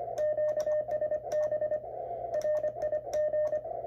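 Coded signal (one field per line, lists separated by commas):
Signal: Morse code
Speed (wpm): 24 wpm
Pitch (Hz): 610 Hz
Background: none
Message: QSB RIG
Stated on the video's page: Quick QSO between two stations both using MTR3B rigs.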